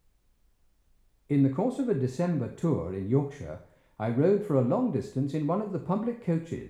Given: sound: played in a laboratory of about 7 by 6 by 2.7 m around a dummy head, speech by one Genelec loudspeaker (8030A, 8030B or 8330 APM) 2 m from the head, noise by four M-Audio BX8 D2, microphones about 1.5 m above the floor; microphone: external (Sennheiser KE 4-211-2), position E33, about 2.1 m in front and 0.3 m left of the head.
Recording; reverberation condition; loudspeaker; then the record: male speech in English; medium; in front (0 degrees)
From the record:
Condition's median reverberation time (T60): about 510 ms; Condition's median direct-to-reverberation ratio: about -0.5 dB